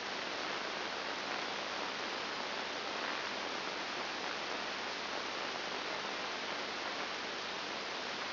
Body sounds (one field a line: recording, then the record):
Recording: brain microelectrode recording played as sound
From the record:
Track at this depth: inside the subthalamic nucleus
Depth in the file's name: 4.102 mm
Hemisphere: left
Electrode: 2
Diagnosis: Parkinson's disease